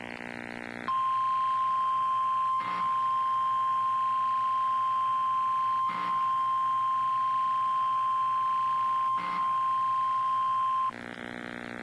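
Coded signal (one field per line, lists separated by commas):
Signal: Emergency Alert System (SAME) tones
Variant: 1050 Hz attention tone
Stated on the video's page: Flash flood warning received from NOAA weather radio station, Houston forecast office.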